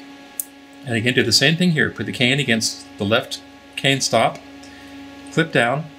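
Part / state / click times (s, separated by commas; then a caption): spring clip pressing oboe cane into a gouging machine bed / not seated / none. An oboe cane is flipped for a double-radius gouge, set against the left cane stop of a gouging machine, and its spring clip is about to be flipped down to press the cane into the bed. Someone talks over a steady low hum. Nothing has clicked or seated yet.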